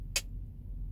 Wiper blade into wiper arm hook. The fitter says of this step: feel it snap into place and listen for the pop or whatever